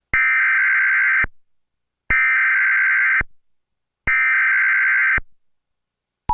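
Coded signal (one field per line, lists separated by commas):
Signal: Emergency Alert System (SAME) tones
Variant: header bursts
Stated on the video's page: Mock Emergency Alert System activation with a synthesized voice, not a real alert.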